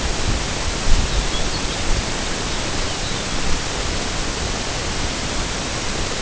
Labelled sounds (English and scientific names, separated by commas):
Lapland Longspur (Calcarius lapponicus)